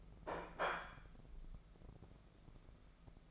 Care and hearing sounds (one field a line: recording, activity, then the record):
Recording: daily activity, microphone in the room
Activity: place plate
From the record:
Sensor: 5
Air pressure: 1015.1 hPa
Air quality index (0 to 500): 206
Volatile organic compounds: 10 ppm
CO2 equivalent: 2262 ppm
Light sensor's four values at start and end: 77/180/77/84 and 77/180/77/84